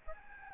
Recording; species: mosquito wingbeat signal from an infrared sensor; Aedes albopictus